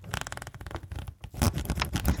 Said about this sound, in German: Ist das ein Furzgeräusch oder ist das... Nee. Nein, das ist die Bandscheibe. Mhm. Das ist ein Reißverschluss.